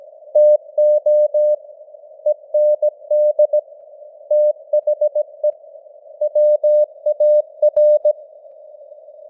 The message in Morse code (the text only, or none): TO END THE WAR